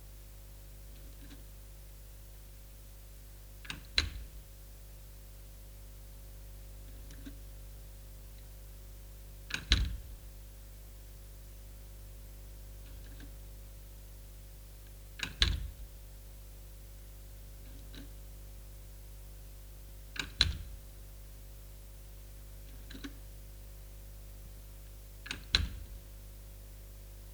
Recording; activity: daily activity, guitar pickup as the sensor; manipulate door